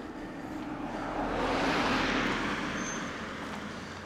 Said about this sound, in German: Mit 3.500 Autos. Sag mal, wo kommen die denn jetzt wieder her? Ist die Kirche zu Ende oder was?